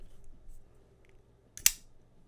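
A folding knife blade is opened and its lock engages in the handle with a subtle two-stage click, a softer tick at 1.6 s followed by a sharper bright snap at 1.7 s. Only faint small ticks come before it in an otherwise quiet clip, and the lock seats.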